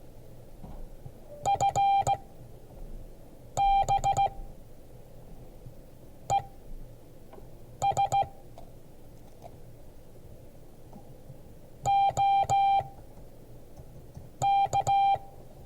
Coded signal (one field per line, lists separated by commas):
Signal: Morse code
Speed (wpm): 16 wpm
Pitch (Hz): 790 Hz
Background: none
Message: FB ES OK